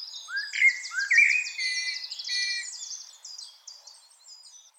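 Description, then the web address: Common blackbird phrase opening with two mellow whistled notes and trailing off into an extended high buzzy twitter. "SETE Turdus merula"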